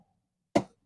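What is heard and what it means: The back panel of an Arcade1Up Konami X-Men Deluxe arcade cabinet is pushed onto its wooden dowels and seats with one loud, sharp knock at 0.6 s. The knock fades within about 0.15 s, and the rest of the clip is near silent. The panel pops into place.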